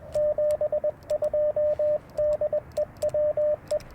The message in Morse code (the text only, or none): 72 DE WE